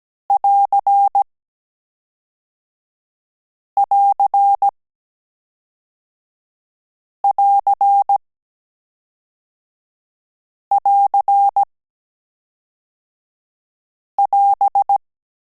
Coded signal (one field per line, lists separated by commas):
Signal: Morse code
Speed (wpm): 17 wpm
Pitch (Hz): 800 Hz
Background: none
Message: <AR><AR><AR><AR><AS>